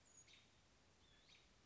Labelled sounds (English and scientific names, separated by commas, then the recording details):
American Robin (Turdus migratorius)
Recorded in Sonoma County, California